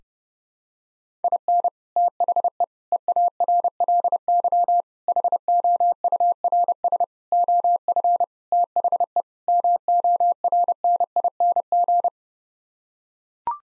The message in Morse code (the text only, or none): IN THE EARLY HOURS OF THE MORNING